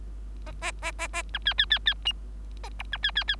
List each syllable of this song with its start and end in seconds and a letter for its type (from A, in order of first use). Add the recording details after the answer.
0.46-0.52 A, 0.61-0.72 A, 0.82-0.91 A, 0.98-1.08 A, 1.13-1.22 A, 1.33-1.38 B, 1.45-1.54 C, 1.58-1.66 C, 1.70-1.78 C, 1.86-1.94 C, 2.05-2.12 D, 2.63-2.69 A, 2.79-2.83 E, 2.92-2.97 B, 3.03-3.11 C, 3.15-3.24 C, 3.28-3.36 C. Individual Bird3